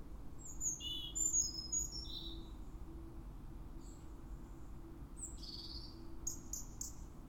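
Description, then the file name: European robin song: two short bursts of thin, high, trickling notes, one early and one near the end, over a steady low hum. "Erithacus rubecula"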